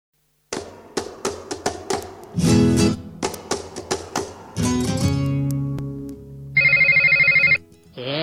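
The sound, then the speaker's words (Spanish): Quick sharp taps and short tonal notes lead into a loud, buzzy telephone ring lasting about a second, a dense high-pitched trill, then a brief tone at the end. No one speaks. “Te está sonando el teléfono y no te diste cuenta.”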